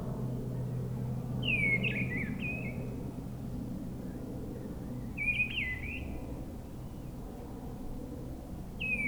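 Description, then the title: Mistle Thrush song: short fluty, warbled phrases separated by several seconds of pause, three phrases in all, over a steady low rumble of engine noise. Wild bird singing high in a treetop at forest edge near Brison-Saint-Innocent, France; Sunday, grey weather, 10°C, frequent aircraft passing from a nearby airport. "Brison-Saint-Innocent, France - Grive draine"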